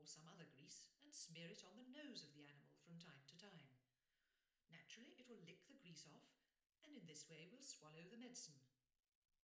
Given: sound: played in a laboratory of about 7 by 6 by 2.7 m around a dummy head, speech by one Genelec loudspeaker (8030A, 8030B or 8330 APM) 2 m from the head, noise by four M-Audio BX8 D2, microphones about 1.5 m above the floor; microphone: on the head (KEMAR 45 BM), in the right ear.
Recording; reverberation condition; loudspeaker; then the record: female speech in English; medium; 30 degrees to the right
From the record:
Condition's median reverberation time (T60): about 510 ms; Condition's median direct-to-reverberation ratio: about -0.5 dB